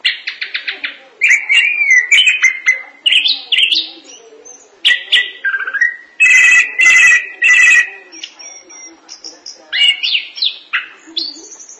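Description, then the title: Thrush giving a long, varied song with fast clipped note series, sustained whistles and buzzy trills, phrases repeated with little break. "burung anis x"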